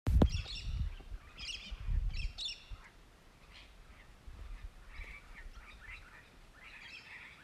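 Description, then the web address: Regent parrot calls: a few harsh, grating notes in quick bursts early on, then softer scratchy calls spaced through the rest, with low thumps at the start. "parrots polytelis-anthopeplus"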